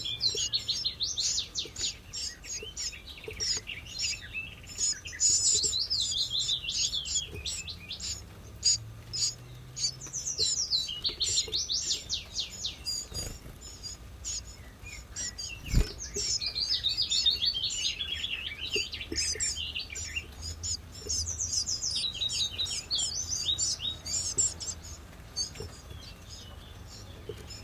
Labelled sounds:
Common Chiffchaff (Phylloscopus collybita)
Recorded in captivity
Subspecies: collybita
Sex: diverse
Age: diverse
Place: Volierenanlage, Zoologisches Institut Universität Tübingen, Baden-Württemberg, DE
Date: 1967-05-28
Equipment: Nagra III PH, MD 421, LGS26
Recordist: Schneider, Hans-Joachim

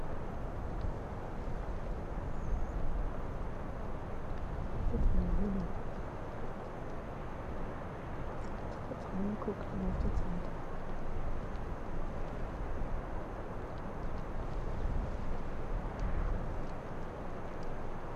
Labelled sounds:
Arctic Fox (Vulpes lagopus)
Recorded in the wild
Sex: female
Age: adult
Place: Insel Mednyi, Kommandeur-Inseln, RU
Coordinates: 54.5167, 168.083
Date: 1999-08-01 19:32
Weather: 10°C, heiter bis bedeckt, mäßiger Südwestwind
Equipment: Sony WM-D6C, Sennheiser ME 80, K 30 AV, Windkorb, Kopie Tascam DA 30
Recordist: Jakupi, Antje
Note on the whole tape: Südosten der Insel, Gerölltal: zwei Bellstrophen nicht aufgezeichnet. Weitere Bellstrophen von Fähe blau/weiss aus dem Bereich der Höhle im Geröllfeld

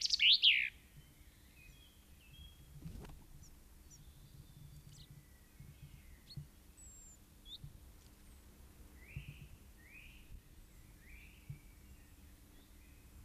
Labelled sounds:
Common Chaffinch (Fringilla coelebs) song
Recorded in the wild
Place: Garmisch-Partenkirchen, Bayern, DE
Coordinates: 47.46, 11.1806
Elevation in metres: 1004
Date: 1969-04-11
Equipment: Uher 4000, Sennheiser MKH 405
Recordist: Tretzel, Erwin

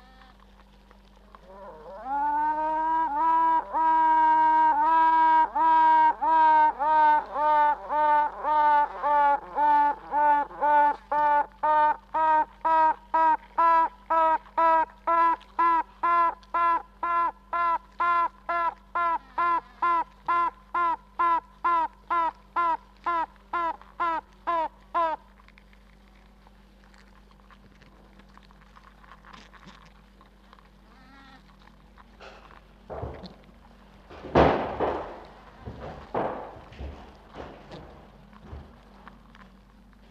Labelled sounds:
Honey Bee (Apis mellifera)
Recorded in captivity
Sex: female
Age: imago
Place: Zoologisches Institut der HUB, Berlin, DE
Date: 1964-06-16 18:30
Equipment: BG 26/1, Grundig-Mikrofon
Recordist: Tembrock, Günter

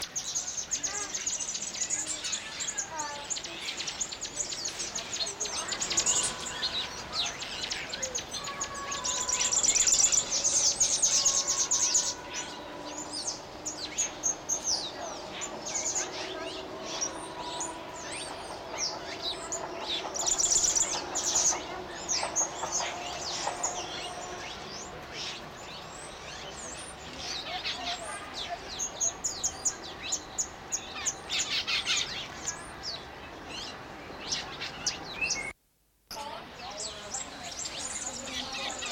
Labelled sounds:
Southern Red Bishop (Euplectes orix)
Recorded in captivity
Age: adult
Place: Zoo Berlin, Berlin, DE
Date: 1992-08-22 11:10
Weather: heiter, 17-20°C
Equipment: Marantz CP 430, Sennheiser ME 80, Kopie Tesla B 116
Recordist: Tembrock, Günter

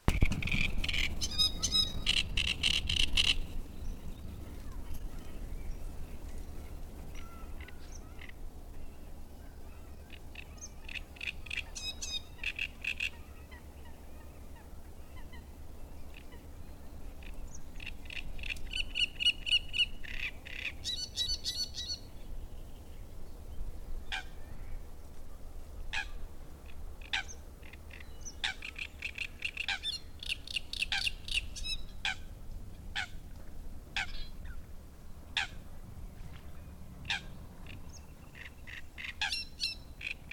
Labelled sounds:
Great Reed Warbler (Acrocephalus arundinaceus)
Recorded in the wild
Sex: male
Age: adult
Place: Müggelsee, Berlin, DE
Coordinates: 52.43, 13.64
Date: 1990-05-05
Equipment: Uher 4400 Report Monitor, Sennheiser ME 80, K 30 AV
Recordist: Fischer, Stefan
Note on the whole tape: Tier 1543: Gesang

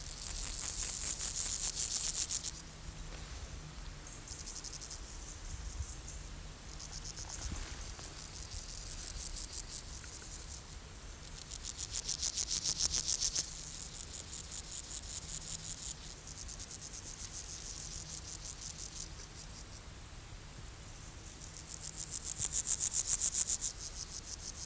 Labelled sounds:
Meadow Grasshopper (Chorthippus parallelus) stridulation
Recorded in the wild
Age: imago
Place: Treuchtlingen, Heumöderntal, Bayern, DE
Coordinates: 48.96, 10.91
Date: 1993-09-07
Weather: 20°C, wolkig
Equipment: Marantz CP 430, Sennheiser MKH 416 T, Kopie Uher Variocord 263
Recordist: Tembrock, Günter

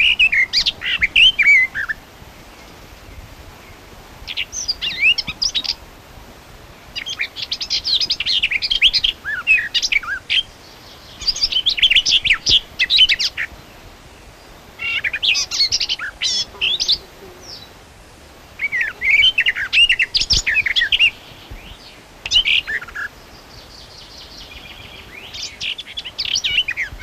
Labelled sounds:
Garden Warbler (Sylvia borin) song
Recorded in the wild
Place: Krombachtalsperre, DE
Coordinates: 50.6217, 8.12722
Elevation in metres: 530
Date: 1964-05-10
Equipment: Uher Report 4000, AKG D190
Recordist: Krey, Winfried

